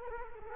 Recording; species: mosquito wingbeat signal from an infrared sensor; Culex quinquefasciatus